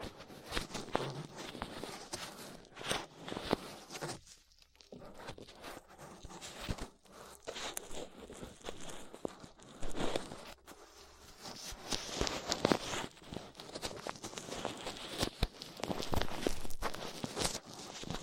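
Ear cleaning sounds with latex gloves, a dental pick and cotton swabs: dense, uneven scratching and rubbing with frequent sharp crackles and crunches. Brief quiet gaps fall near 4.5 and 10.5 seconds, and the scraping grows busier and brighter toward the end.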